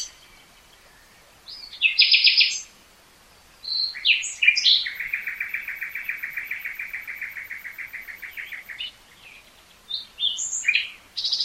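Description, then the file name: Common nightingale song: short varied phrases, then a long buzzy rapid rattle lasting several seconds, followed by sharp high whistles. "Luscinia megarhynchos"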